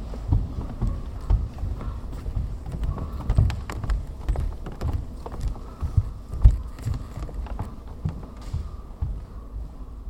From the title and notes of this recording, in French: Les sons feutrés d'un studio de danse, une rencontre avec les pas frottés sur le parquet et les pieds posés sur la banquise.